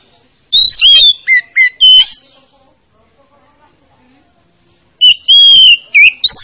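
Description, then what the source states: Oriental magpie-robin song: a quick burst of whistled and chipping notes, a silent gap of about three seconds, then another bright phrase with drawn-out whistles. Lure to make a reluctant magpie-robin that is slow to sing start singing.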